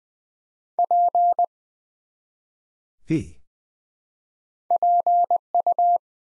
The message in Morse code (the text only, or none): P PU